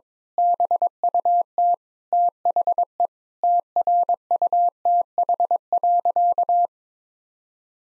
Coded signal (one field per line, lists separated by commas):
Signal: Morse code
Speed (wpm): 22 wpm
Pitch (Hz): 700 Hz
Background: none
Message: BUT THE TRUTH.